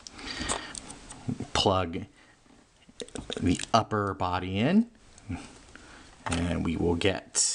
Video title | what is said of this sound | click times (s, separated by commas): Model Kit Shenanigans - Intro to Model Kit Building | ready and plug it in and click plug | 0.1 s, 0.8 s